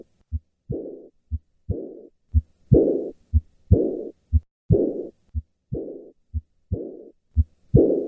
Tetralogy of Fallot. The diastolic murmur of pulmonic insufficiency. Adult patients with repaired tetralogy of Fallot.